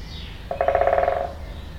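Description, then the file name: Woodpecker drum roll: a single rapid burst of evenly spaced taps, almost a second long, over a low background hum. Binaural recording. "Binaural Birds Woodpecker"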